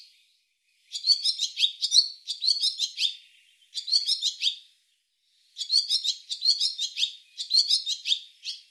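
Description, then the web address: Barn swallow twittering in bursts of rapid chirps and buzzy notes, three phrases then a pause and three more, all high-pitched with no other sounds. Audio cleaned and normalized. "cianscape birddata Deverinetal 2025"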